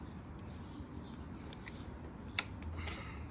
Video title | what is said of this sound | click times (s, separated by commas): 2021 Ultra limited apple car play | heard it click | 2.4 s